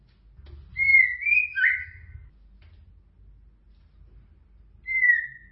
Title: Kicau Murai Batu